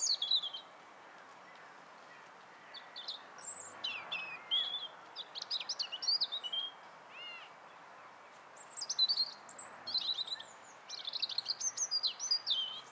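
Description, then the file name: European robin song: varied high, thin phrases of slurred whistles and quick trills, separated by short pauses, over a soft background hiss. "Erithacus rubecula"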